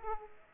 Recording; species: mosquito wingbeat signal from an infrared sensor; Aedes aegypti